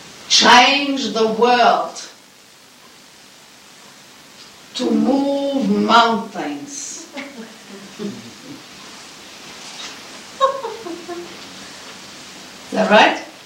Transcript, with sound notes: change the world, to move mountains (laughter) is that right!